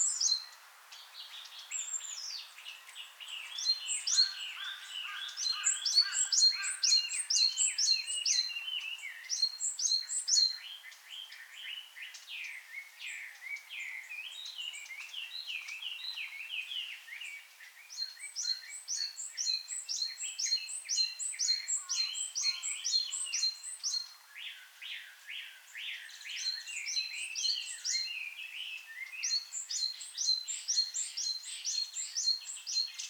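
Birds sing almost without pause at Sanzaigaike Forest Park, several voices overlapping in a dense, bright chorus. Rapid, very high trills come in bursts around 5–10, 19–24 and 27–33 seconds over a steady bed of chirps and whistles, with no low sounds underneath.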